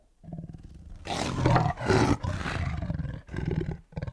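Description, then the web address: Tiger giving a soft grumble, then several loud, harsh roars, followed by quieter throaty growls. "big cats|tigers"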